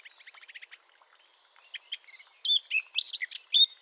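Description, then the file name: Eurasian blackcap song: a quiet, rapid chattering warble that swells into loud, clear fluting phrases with rising and falling whistled notes toward the end. "Sylvia atricapilla"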